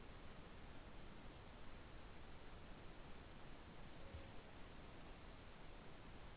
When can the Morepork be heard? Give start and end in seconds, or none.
none